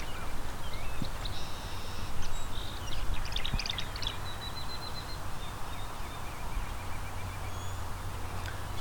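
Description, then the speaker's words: Tree Swallow chatter: a few thin whistles and a cluster of rapid gurgling twitters, followed by fainter scattered chirps, with constant low rumbling noise beneath. Very gurgly sound, heard live on a warm, sunny spring morning meadow walk. "These tree swallows"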